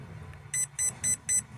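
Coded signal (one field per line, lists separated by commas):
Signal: beep code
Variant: Spektrum Dynamite ESC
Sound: four short, evenly spaced electronic beeps at about 2 kHz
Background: low hum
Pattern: 4 short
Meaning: Four beeps set maximum brake force to 100%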